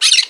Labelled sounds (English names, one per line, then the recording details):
Brown-throated Parakeet contact call
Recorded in Margarita
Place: San Francisco, near stadium
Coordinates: 11.018, -64.294